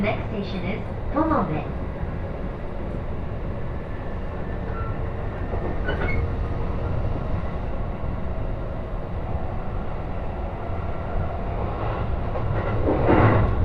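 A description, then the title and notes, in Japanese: Inside a Joban Line train between Katsuta and Ishioka, a steady low rumble of running carriages, with brief squealing tones near the start and end. 耳で楽しむ鉄道旅 常磐線 勝田→石岡。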